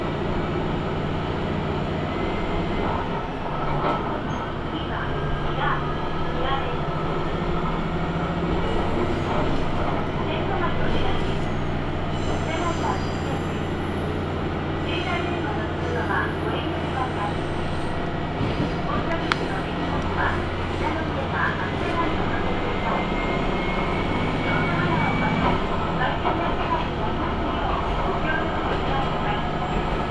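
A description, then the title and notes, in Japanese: A ride aboard a Tenryu Hamanako Railway train runs steadily for the whole stretch, its engine giving a low, even rumble. Soft voices come and go throughout, with small clicks and rattles scattered over the top and a faint whine rising near the end. 天竜浜名湖鉄道 金指→西気賀→金指 往復。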